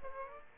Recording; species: mosquito wingbeat signal from an infrared sensor; Aedes aegypti